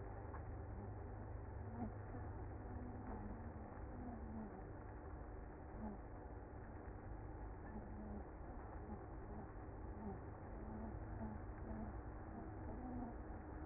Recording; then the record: honeybee colony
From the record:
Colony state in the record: active